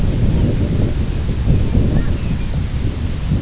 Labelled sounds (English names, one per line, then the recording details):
Lapland Longspur
unidentified sound
Long-tailed Duck
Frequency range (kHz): Lapland Longspur 2.2-3.7 kHz; Long-tailed Duck 0.6-2.1 kHz
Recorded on Arctic tundra, site IGLO-B, on 24 June 2018
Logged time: 17:59